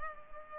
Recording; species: mosquito wingbeat signal from an infrared sensor; Culex pipiens